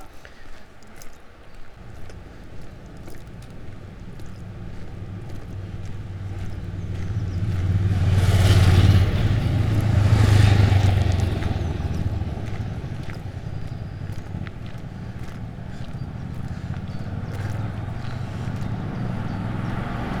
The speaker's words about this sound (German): Die ganze Zeit, die wir hier gehen, kommt hier nicht ein Auto. Und jetzt wollen mal zwei Motorradfahrer nach da oben abbiegen. Zack, muss da einer herkommen.